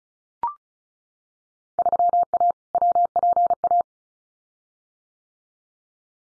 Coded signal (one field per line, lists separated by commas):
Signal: Morse code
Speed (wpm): 34 wpm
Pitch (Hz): 700 Hz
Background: none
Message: 3A WPA